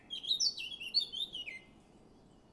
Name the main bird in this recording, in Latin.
Sylvia atricapilla